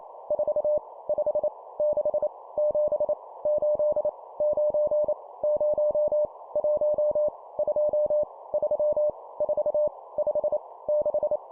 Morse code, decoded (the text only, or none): 4 5 6 7 8 9 0 1 2 3 4 5 6